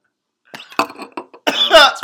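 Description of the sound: About four short, harsh cough bursts come in quick succession, then a louder, strained, throaty cough with voice in it. This is a major choking attack after an adult takes a bong hit, with the airway reacting to the harsh smoke.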